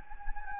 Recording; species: mosquito wingbeat signal from an infrared sensor; Anopheles gambiae